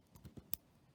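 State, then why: Seated. A Timex watch band held on a spring bar is pushed back between the metal lugs of the watch case. A few soft, low taps around 0.2, 0.3 and 0.4 seconds are followed by a sharp, bright click at 0.5 seconds as the spring bar clips into the lugs. The band is seated, and a tug confirms it doesn't move.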